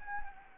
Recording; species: mosquito wingbeat signal from an infrared sensor; Anopheles gambiae